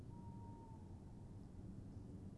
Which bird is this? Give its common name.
Tawny Owl